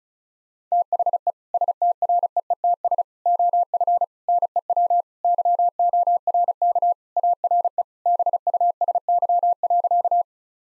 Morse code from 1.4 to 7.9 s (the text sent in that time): STREETS OF NEW YORK ARE